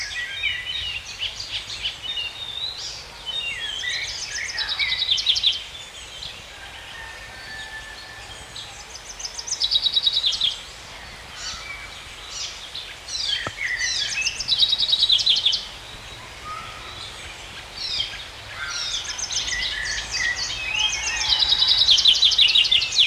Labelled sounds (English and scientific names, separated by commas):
Common Chaffinch (Fringilla coelebs) song